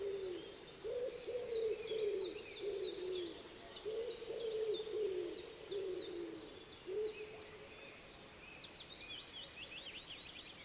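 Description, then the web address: Common wood pigeon cooing in soft, low, hooting phrases through most, with a songbird's high, quick chirping notes above. "cianscape. Deverinetal 2025. Bird Only"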